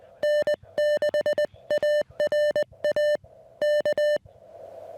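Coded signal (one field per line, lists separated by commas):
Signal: Morse code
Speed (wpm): 20 wpm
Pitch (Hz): 600 Hz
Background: music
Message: N6ARA K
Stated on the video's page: Vintage Elecraft KX1 CW during a Summits on the Air activation of Verdugo Mountains HP.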